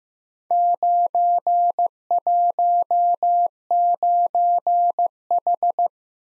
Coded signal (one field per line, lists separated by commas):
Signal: Morse code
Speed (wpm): 15 wpm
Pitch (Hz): 700 Hz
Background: none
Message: 919H